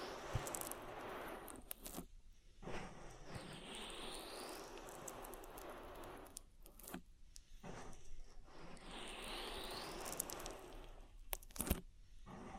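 Oily ear massage with dense, wet rubbing and squishing, sweeping glides near 4 and 9 seconds, and sharp crackles around 2, 7 and 12 seconds.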